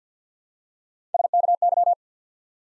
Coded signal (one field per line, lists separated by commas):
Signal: Morse code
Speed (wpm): 50 wpm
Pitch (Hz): 700 Hz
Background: none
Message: S K Y